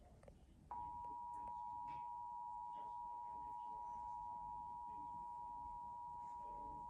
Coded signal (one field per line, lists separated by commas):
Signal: Emergency Alert System (SAME) tones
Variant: 853 and 960 Hz attention tone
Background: speech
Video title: EAS #166-170: November 2024 Pennsylvania Required Monthly Test On Multiple Stations (11/21/2024)